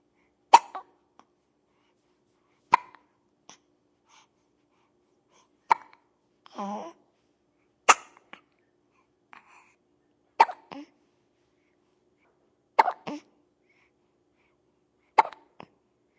Baby Hiccuping.